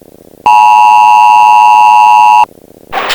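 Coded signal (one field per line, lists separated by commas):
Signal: Emergency Alert System (SAME) tones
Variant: 853 and 960 Hz attention tone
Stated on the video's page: A fictional emergency alert message on a TV station, taken from a VHS tape.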